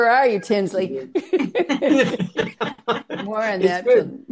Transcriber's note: laughs